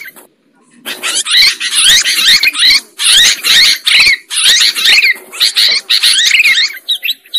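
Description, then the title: Sooty-headed bulbul chattering song: after a brief quiet start, loud bursts of jumbled, bubbling notes follow one another in quick succession. Used as a bird lure. "PIKAT BURUNG KUTILANG"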